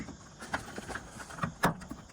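The gas strut's socket end is pushed onto the trunk ball stud of a 2009-2014 Nissan Maxima. After a few faint knocks and handling sounds, including a sharper tap at 0.5 s, it snaps on with a strong hit at 1.6 s. The strut end is seated.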